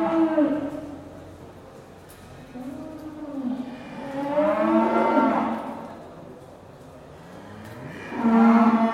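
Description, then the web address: Cattle mooing, several harmonic lows: a call at the start, another soon after, a long loud moo in the middle and another loud moo at the end, with background pen noise. Cattle in pens at a market, with lots of animal noise. "Sound Effects-BBC Cattle"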